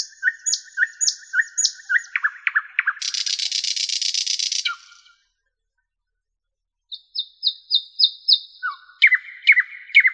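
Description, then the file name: Nightingale song: varied phrases of repeated notes, a dense buzzy trill, a pause of silence, then high whistled notes, a downslurred note and sharp repeated chirps. "solovey"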